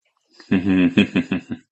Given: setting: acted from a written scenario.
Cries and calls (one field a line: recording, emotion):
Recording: vocal sound without words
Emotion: pride